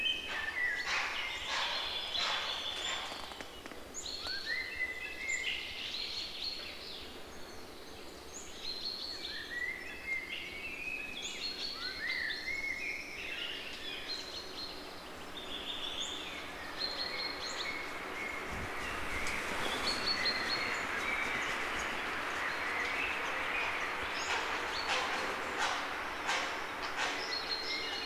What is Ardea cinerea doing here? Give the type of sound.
call